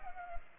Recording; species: mosquito wingbeat signal from an infrared sensor; Culex pipiens